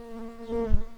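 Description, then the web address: Early bumblebee buzz: a steady, low, humming drone with rich overtones, swelling in the middle, with a soft low thump during the swell. Worker bumblebees. "Pratorum workers"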